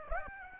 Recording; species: mosquito wingbeat signal from an infrared sensor; Aedes aegypti